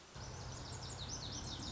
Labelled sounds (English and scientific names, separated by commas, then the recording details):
Lazuli Bunting (Passerina amoena)
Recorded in Sonoma County, California